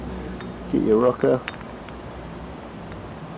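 A metal rocker shaft with an o-ring is picked up and lined up in a GN250 motorcycle cylinder head before being worked into place. Someone talks briefly, and light ticks at about 0.4, 1.9 and 2.9 seconds are handling noise. Nothing has seated or clicked yet.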